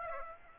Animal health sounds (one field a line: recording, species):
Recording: mosquito wingbeat signal from an infrared sensor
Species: Aedes aegypti